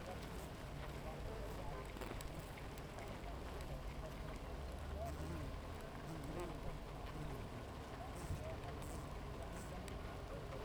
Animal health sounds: honeybee colony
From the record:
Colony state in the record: active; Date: 28 July 2017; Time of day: 7:50

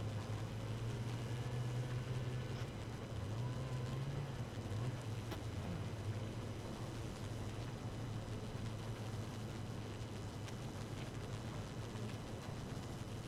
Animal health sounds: honeybee colony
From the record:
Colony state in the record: active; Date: 12 June 2018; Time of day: 4:18

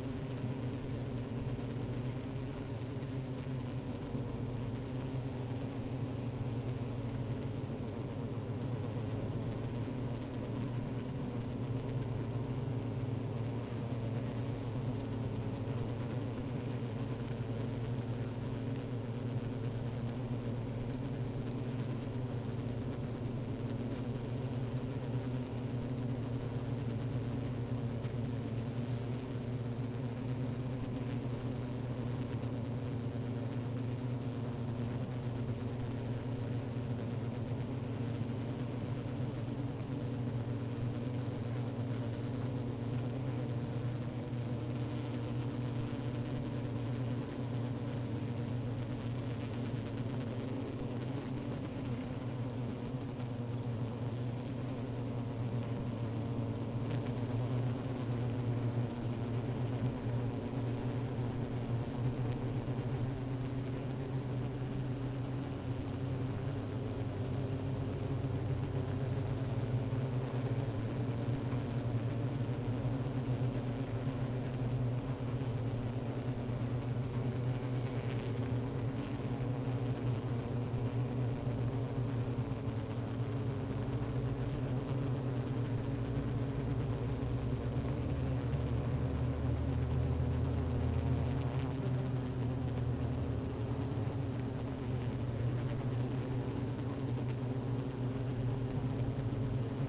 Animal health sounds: honeybee colony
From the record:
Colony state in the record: active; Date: 28 July 2017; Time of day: 15:42

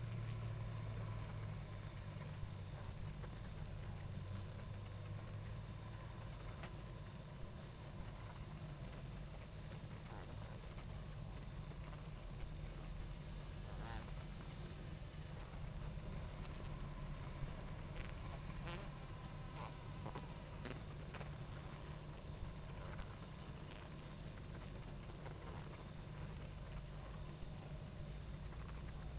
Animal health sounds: honeybee colony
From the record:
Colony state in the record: active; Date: 28 July 2017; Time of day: 20:19

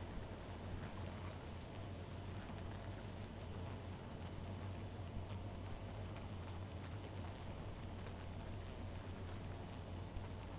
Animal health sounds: honeybee colony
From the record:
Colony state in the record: missing queen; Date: 14 July 2017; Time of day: 0:58

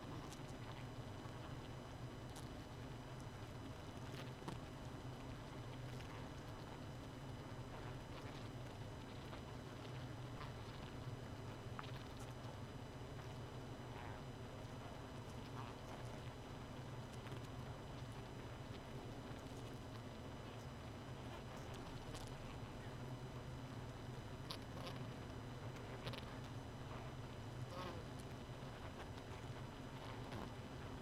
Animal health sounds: honeybee colony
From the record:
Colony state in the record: missing queen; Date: 31 May 2018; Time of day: 2:28

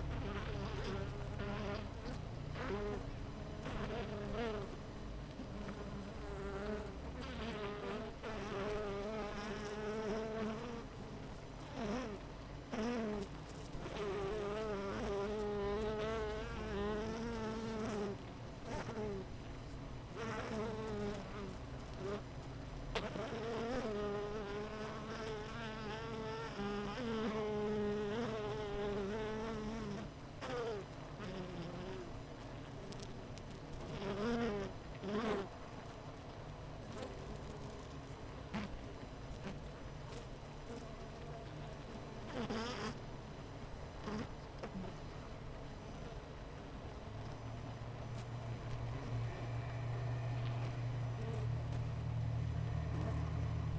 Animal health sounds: honeybee colony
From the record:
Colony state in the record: missing queen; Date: 14 July 2017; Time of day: 7:48

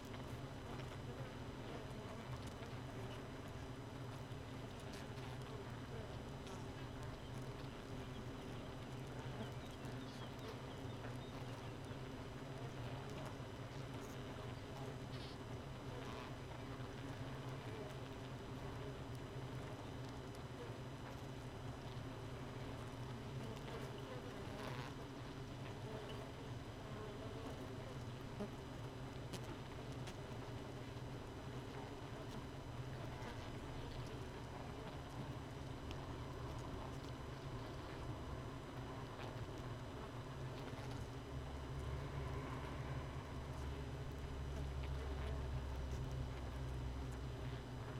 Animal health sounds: honeybee colony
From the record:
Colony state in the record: missing queen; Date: 31 May 2018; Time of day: 4:16

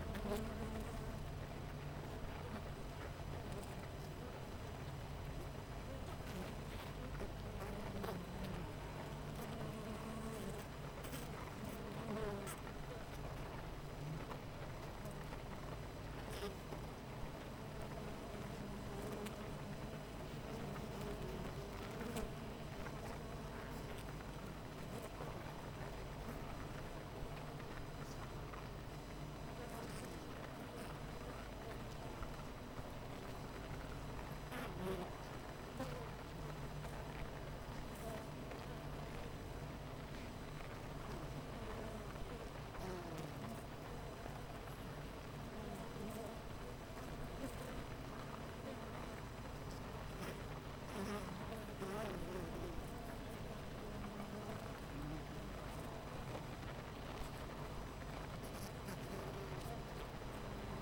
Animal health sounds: honeybee colony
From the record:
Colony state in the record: missing queen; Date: 14 July 2017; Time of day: 8:23

